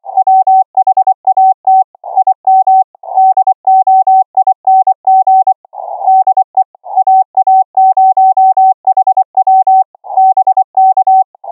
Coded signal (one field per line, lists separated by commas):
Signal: Morse code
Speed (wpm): 24 wpm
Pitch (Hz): 760 Hz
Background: none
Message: WHAT IM DOING DE AA0HW BK